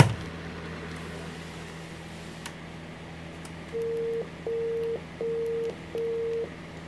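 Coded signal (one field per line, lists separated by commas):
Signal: beep code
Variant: Apple eMac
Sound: quiet room hum, then four evenly spaced half-second mid-pitched beeps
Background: low electrical hum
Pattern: 4 long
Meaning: Four beeps on Macs of this era indicate a boot ROM checksum failure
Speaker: I guess I'll have to look up the four beeps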